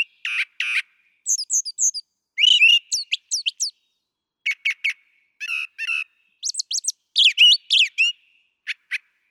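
Brown thrasher song of quick paired phrases, some rasping, some whistled, in a varied stream broken by short pauses.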